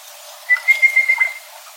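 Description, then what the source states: Red-browed Pardalote call: one thin, even, high whistled note with a fine trill, lasting about a second. Two birds calling in trees along a creek bank at Yarraden, northwest of Cooktown, Queensland, Australia, on Lama Lama country.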